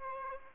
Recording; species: mosquito wingbeat signal from an infrared sensor; Aedes aegypti